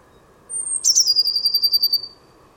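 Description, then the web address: Bird call with a brief high thin note, then a falling buzzy trill of rapid pulses lasting over a second, against a low background hum. "cianscape birddata Deverinetal 2025 Bird Only Cy Ca"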